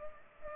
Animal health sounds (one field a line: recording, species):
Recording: mosquito wingbeat signal from an infrared sensor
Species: Culex pipiens